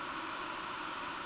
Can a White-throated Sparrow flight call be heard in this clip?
no